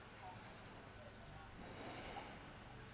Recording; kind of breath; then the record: one breath in and out by a microphone near the nose and mouth; deep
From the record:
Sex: male